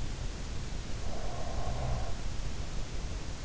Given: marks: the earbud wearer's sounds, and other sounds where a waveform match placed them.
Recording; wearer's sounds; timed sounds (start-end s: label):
sounds in sleep by an in-ear microphone; breath
0.86-3.39 s: breath